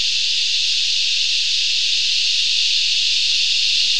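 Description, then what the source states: Cicada call, a continuous shrill buzz that holds constant without pauses, its high hiss filling the whole short stretch over a quiet low rumble. Recorded in 2018.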